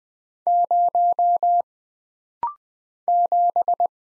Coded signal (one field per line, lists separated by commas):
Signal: Morse code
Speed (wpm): 20 wpm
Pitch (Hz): 700 Hz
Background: none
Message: 0 7